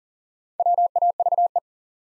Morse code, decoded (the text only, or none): WAVE